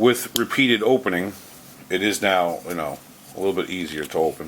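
Someone talks while handling a clone of a Spyderco Techno folding knife, which has become easier to open with repeated opening, its blade meant to lock open in its handle. Nothing has clicked or locked into place yet by the end of the clip.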